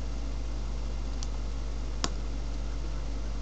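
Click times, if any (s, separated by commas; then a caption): 1.2 s, 2.0 s. A metal shield plate is refitted over the connectors on an iPhone 4S logic board, starting with the two bottom tabs while the rest clips in by itself. Over a steady hiss, a faint click at 1.2 s is followed by a sharper, louder click at 2.1 s as the plate seats in place. No one talks during the clip.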